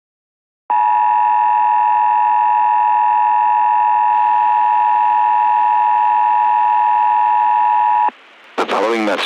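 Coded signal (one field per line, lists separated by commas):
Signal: Emergency Alert System (SAME) tones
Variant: 853 and 960 Hz attention tone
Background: speech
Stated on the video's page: Fictional, not a real EAS alert, presented as an old VHS recording and built from game trailer material.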